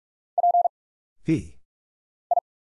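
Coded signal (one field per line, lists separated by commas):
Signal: Morse code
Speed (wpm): 44 wpm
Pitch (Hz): 700 Hz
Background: none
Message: P I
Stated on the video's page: Head-copy drill of random letters, numbers, punctuation and prosigns at 45 wpm, sent, spoken after a very short gap, then sent again.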